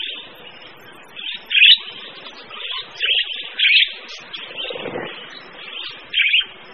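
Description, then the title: Birds singing together, a dense mix of high chirps and trills with several louder bursts over a steady chattering background. Mixed birds. "manuk campur"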